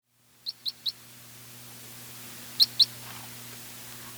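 Red Crossbill calls: three sharp, high kip notes in quick succession, a pause of over a second, then two more clipped notes, over a steady low hum.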